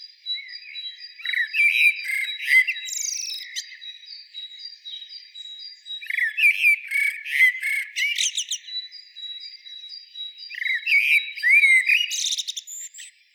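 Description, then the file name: Common blackbird song: three separate warbled phrases, each ending in high twitters, over a constant thin high-pitched tone. "Turdus merula"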